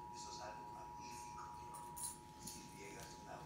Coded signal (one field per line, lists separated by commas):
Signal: Emergency Alert System (SAME) tones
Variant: 853 and 960 Hz attention tone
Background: speech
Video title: National Periodic Test on WDIV-TV (EAS #37) ( TV EAS #4)